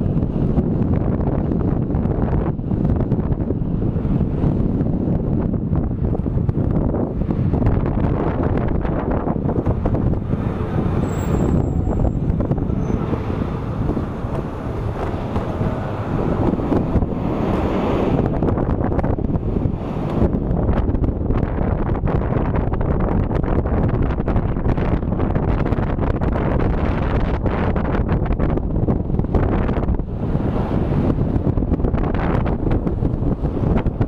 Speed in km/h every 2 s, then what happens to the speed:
30, 29, 25, 23, 20, 17, 17, 20, 24, 26, 28, 28, 29, 30, 30, 30, 30.
0-12 slows to 17. 12-19 speeds up to 28. 19-34 steady at about 30.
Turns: 11-21.